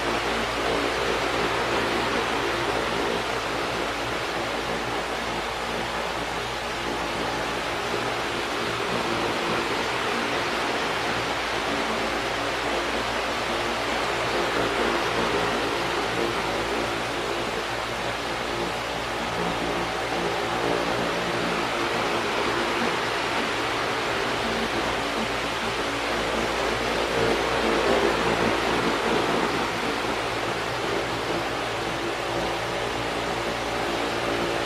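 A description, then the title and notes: A fan runs on its highest setting, a dense, steady rush of air that fills everything from a low hum to a bright hiss. The level stays constant for the whole stretch, with faint low tonal bands droning underneath and no separate events. Fan on SUPER HIGH.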